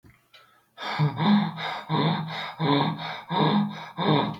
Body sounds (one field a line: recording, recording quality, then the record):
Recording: shallow breathing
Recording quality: excellent, no background noise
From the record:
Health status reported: exposed to COVID-19, no respiratory illness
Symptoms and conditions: sore throat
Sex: male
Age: 18 years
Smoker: not ticked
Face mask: not worn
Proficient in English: yes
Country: India